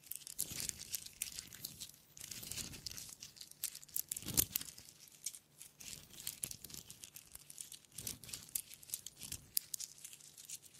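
Wood triggers: dry scratching, tapping and crinkling sounds on wood, bright and crisp, arriving in uneven clusters throughout. A sharper, louder crack lands near the middle, with softer rubbing strokes around it and a faint low hum underneath.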